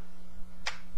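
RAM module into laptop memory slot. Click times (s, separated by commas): 0.7 s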